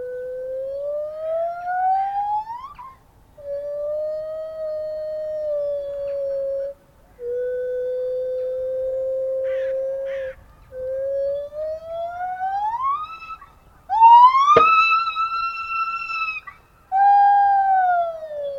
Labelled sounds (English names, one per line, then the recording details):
Lar Gibbon
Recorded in captivity
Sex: pair
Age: adult
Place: Tierpark Berlin, Berlin, DE
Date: 1988-03-19
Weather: sonnig, -2 bis 3°C
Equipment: Nagra SN, Kopie Tesla B 116
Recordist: Tembrock, Günter